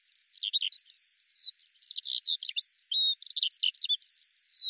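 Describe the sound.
Eurasian skylark song, a short burst of jumbled chirps and buzzy notes broken by clear drawn-out whistles.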